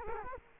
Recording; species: mosquito wingbeat signal from an infrared sensor; Culex quinquefasciatus